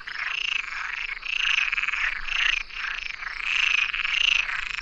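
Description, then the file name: Frog giving grating, pulsed croaks in repeated bursts, rising and falling in loudness. "RANA COMUN"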